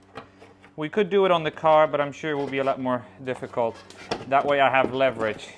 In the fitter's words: that all the pieces came in let's install it uh it pops in like this